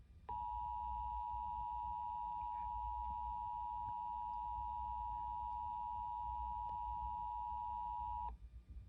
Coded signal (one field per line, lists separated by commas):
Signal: Emergency Alert System (SAME) tones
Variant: 853 and 960 Hz attention tone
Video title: Flash Flood Warning in Southeastern PA (TFT EAS 911 Relay) [EAS #511]